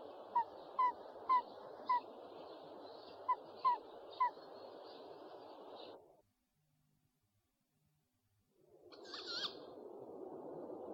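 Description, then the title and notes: Owl giving several short, sharp notes, then a pause and a single rough, higher call. One of 69 call variants from 11 owl species in a compilation of owl voices. "Sovy - Eulen - Owls. 69 variant hlasů - 11 druhů sov"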